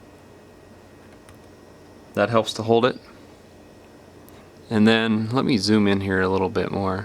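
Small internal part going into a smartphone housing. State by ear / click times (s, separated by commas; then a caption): seated / 1.3 s. A small internal part near the charging port flex of a Galaxy S4 phone is pressed down into the housing with tweezers during a charging port replacement, and one short, faint click is heard at 1.3 s as it seats. Someone then talks.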